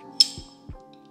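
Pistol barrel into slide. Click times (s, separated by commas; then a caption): 0.2 s. An HK VP9 pistol barrel is dropped into the slide and moved back until it locks in place, and it no longer moves. A sharp, bright click at 0.2 s marks the barrel locking in, over steady background music. Faint small ticks follow near 0.9 s and 1.2 s.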